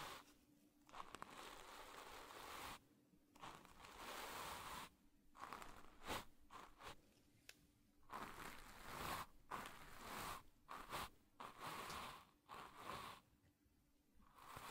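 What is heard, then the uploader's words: Ear brushing with brushes, foam and burlap: dense, crackly scratching and rustling strokes come in bursts of one to three seconds, broken by brief pauses. A faint steady low hum runs underneath, and soft bell-like tinkles appear in the second half. Focus Tibetan Singing Bowl and Ear Brushing. ASMR Sounds Binaural Triggers Relaxing caresses on your ears with different brushes, foam and burlap during the tinkling of a Tibetan Bowl. Without whispering.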